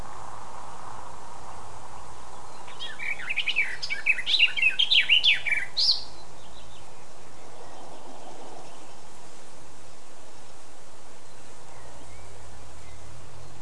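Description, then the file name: Eurasian blackcap song, a brief rapid warbling burst of varied high chirping notes lasting about three seconds, followed by quiet background hiss. "Sylvia atricapilla"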